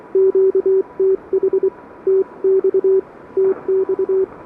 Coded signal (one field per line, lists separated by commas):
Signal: Morse code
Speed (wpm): 24 wpm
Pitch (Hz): 380 Hz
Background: none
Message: QTH TX TX